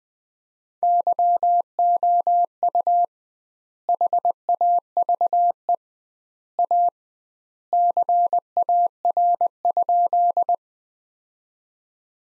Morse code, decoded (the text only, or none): YOU HAVE A CAR?